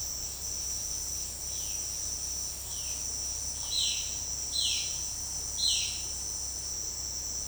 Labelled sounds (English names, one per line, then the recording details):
Violaceous Jay
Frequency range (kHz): Violaceous Jay 1.7-9.3 kHz
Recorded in secondary vegetation near Puerto Asís, Putumayo, Colombia, on 19 February 2024 at 16:30
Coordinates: 0.489, -76.322
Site G6419